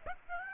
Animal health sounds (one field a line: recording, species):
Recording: mosquito wingbeat signal from an infrared sensor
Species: Aedes aegypti